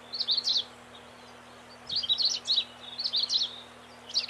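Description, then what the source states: Long-tailed rosefinch singing rapid, high-pitched twittering phrases in quick clusters with short gaps, against a soft continuous hum. Recorded 21 May 1994.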